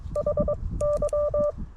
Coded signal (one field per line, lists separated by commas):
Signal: Morse code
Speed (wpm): 22 wpm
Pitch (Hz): 590 Hz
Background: none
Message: HY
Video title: QRP with lousy band conditions? Let's give it a shot!